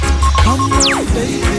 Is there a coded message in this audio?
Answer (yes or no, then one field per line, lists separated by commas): no